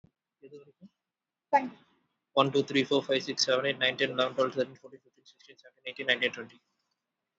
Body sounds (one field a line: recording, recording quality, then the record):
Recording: counting at a fast pace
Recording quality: excellent, no background noise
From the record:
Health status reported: exposed to COVID-19, no respiratory illness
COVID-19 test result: negative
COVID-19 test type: RT-PCR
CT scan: taken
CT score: 1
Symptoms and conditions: none ticked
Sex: male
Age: 30 years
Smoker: no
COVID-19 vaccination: one dose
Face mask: worn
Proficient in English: yes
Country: India